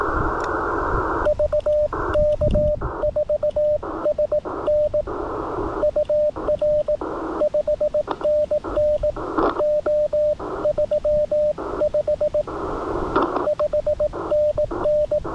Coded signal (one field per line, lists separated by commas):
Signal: Morse code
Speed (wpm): 18 wpm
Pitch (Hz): 590 Hz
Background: radio noise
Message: VK4SN UR 5NN O35 5NN